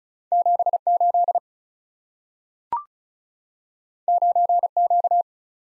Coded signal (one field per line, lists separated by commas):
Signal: Morse code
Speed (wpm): 36 wpm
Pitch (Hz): 700 Hz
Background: none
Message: 78 9Q